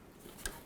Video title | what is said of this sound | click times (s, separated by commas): How to Replace Radiator 1998-2010 Volkswagen Beetle | you can tell when it clicks in that it's secure | 0.5 s